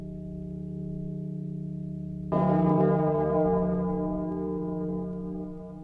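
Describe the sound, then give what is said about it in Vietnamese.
A deep, resonant pagoda bell, struck three times late at night, hums steadily, then is struck hard again partway through, a loud clang blooming into a long, shimmering ring that slowly fades. “Hắn vừa dứt lời thì đột nhiên ở bên ngoài vang lên ba tiếng chuông rất to.”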